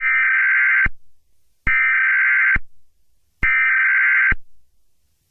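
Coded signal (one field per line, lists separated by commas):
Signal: Emergency Alert System (SAME) tones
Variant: header bursts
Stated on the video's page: Fictional blizzard EAS scenario using real EAS tones.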